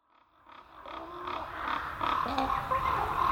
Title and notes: Ravens Over Their Roost In The Forest by Red Bull Music Academy